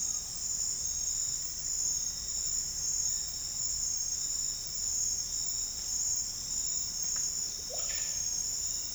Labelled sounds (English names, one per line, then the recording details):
none
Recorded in dense forest near Puerto Asís, Putumayo, Colombia, on 13 March 2025 at 08:00
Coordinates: 0.484, -76.317
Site G064